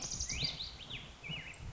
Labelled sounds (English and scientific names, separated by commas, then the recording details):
Black-headed Grosbeak (Pheucticus melanocephalus)
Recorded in Sonoma County, California